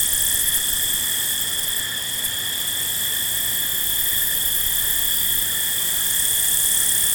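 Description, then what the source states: Field crickets trilling together in an unbroken high, shimmering drone that holds steady throughout. Several field crickets at night.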